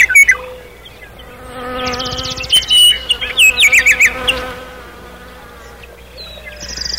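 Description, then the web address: Common nightingale song: a short opening phrase and a quiet pause, then a fast rattling burst followed by loud clear whistled notes, then quiet before a final faint phrase. "rouxinol comum canto do rouxinol comum"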